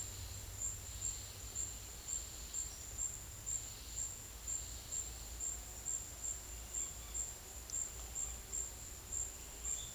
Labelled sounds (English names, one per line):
none